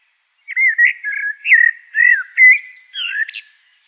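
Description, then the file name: Eurasian blackbird song: a run of mellow, fluty warbled phrases, dipping and rising, closing with a thin, higher twittering flourish. "Turdus merula"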